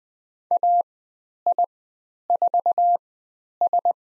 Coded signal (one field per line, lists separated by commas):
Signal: Morse code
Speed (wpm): 20 wpm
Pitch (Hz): 700 Hz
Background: none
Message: AI4S